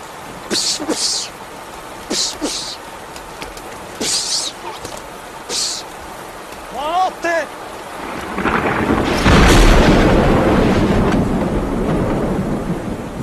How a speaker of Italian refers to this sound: Fulminato, dottore, fulminato. La saetta l'aveva attraversato completamente.